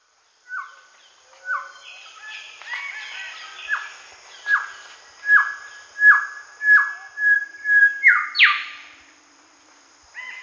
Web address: Golden Whistler Song